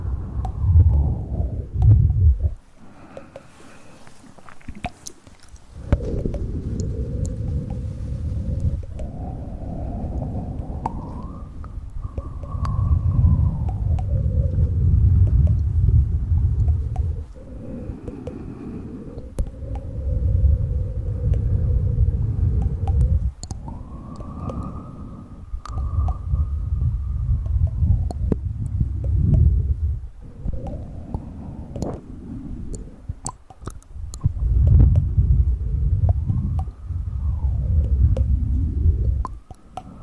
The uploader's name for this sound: Tap trigger and mouth sounds